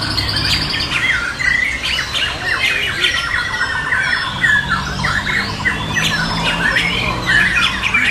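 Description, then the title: Bird: a busy tangle of bird chirps and squawks, many short notes overlapping continuously over a low background hum. "SuaraBurung Kicau"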